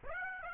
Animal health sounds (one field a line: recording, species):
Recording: mosquito wingbeat signal from an infrared sensor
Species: Aedes aegypti